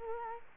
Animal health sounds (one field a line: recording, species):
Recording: mosquito wingbeat signal from an infrared sensor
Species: Culex quinquefasciatus